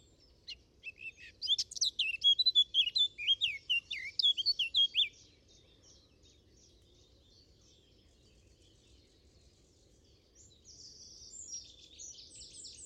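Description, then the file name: Eurasian blackcap song: a rich, fast warble of varied whistled notes for about five seconds, then quiet, with high buzzy trills near the end. "Sylvia atricapilla"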